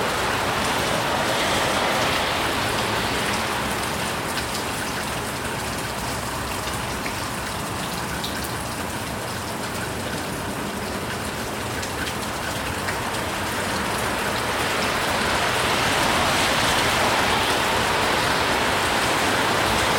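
Steady, dense rain hisses while wet tyre swishes swell near the start and again toward the end, as cars pass.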